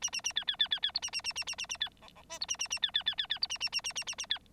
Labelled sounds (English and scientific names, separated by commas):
Bengalese Finch (Lonchura striata domestica) song